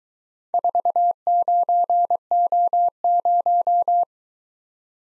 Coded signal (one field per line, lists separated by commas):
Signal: Morse code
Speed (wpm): 23 wpm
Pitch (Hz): 700 Hz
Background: none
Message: 49O0